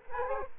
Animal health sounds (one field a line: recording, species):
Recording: mosquito wingbeat signal from an infrared sensor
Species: Culex quinquefasciatus